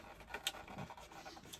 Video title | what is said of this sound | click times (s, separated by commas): Lets fix the Big Thing missing in a Tesla Model Y - a rear screen to control the heating | there's a satisfying click | 0.5 s